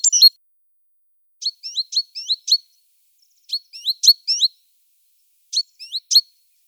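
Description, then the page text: Great tit song: short phrases of quick, high downslurred notes, each group repeated after a pause of about a second. "Большая синица - Синица"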